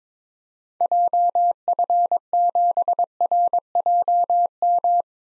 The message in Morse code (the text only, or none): JF7RJM